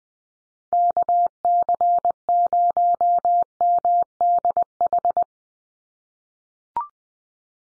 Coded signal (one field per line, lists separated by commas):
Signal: Morse code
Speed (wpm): 20 wpm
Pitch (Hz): 700 Hz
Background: none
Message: KC0MDH